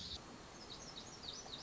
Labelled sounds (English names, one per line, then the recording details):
Lazuli Bunting
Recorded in Sonoma County, California